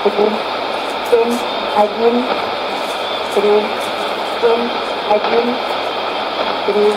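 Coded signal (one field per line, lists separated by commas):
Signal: numbers station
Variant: S06s, Russian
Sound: short, evenly spaced spoken words under heavy shortwave static, about a dozen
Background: radio static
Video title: 10 08 2015 Numbers Station S06s 0832 on 8221 CUSB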